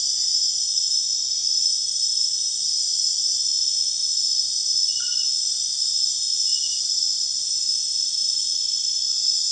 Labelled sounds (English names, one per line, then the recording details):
none
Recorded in secondary vegetation near Puerto Asís, Putumayo, Colombia, on 29 June 2025 at 21:30
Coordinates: 0.485, -76.322
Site GP06